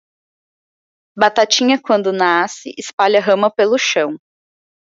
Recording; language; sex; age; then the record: short text; Brazilian Portuguese; female; 20 to 29 years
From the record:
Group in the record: control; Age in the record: 20 years